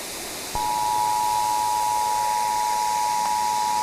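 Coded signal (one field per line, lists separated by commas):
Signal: Emergency Alert System (SAME) tones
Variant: 853 and 960 Hz attention tone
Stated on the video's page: Fictional, self-made EAS scenario, not a real alert.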